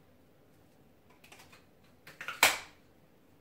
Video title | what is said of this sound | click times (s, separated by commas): Dyson Animal 2 Unboxing and Demo | that click I love the sound of those clicks | 2.4 s